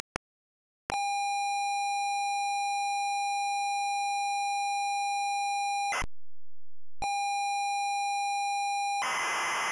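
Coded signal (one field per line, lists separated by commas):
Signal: ZX Spectrum tape loading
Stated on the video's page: ZX Spectrum 48K tape loading of the BASIC program, screen and code block.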